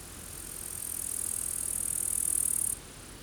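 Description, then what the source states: Grasshopper buzzing: a steady, high hissing buzz swells for about two seconds, then cuts off abruptly over a low, rumbling wind background. Several grasshoppers recorded in the wind near a forest.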